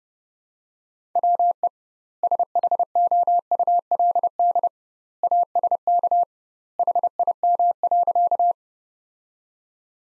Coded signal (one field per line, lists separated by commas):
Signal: Morse code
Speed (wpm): 31 wpm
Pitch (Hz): 700 Hz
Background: none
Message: WE SHOULD ASK HIM.